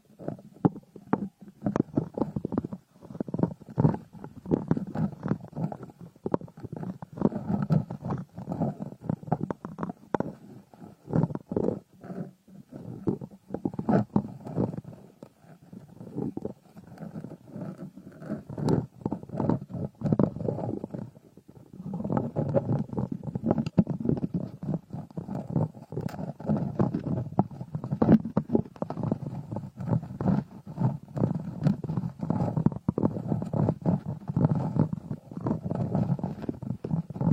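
Ear picking with a frosted bath ball: a dense, continuous run of crackling, crumbly scratches over a low rubbing rumble. The texture stays busy and irregular throughout, thinning briefly around 15 seconds and again near 21 seconds before picking back up.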